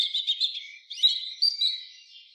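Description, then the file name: European robin warbling: a short run of high, thin twittering notes with brief whistled slurs, fading out at the end. "Erithacus rubecula"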